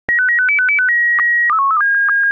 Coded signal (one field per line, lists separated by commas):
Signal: SSTV (slow-scan television)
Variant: Scottie 1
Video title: DIY Raspberry Pi Pico SSTV Decoder Display Images from Space & Shortwave Radio